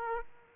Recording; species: mosquito wingbeat signal from an infrared sensor; Aedes aegypti